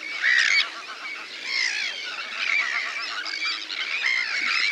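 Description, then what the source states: Terns giving loud, harsh, rasping calls in a crowded colony, a steady wall of overlapping screeches swelling and fading in bursts. Colony of terns, possibly including a sandwich tern, recorded one evening at Ladies Island Lake, Wexford; a 'wall of sound'.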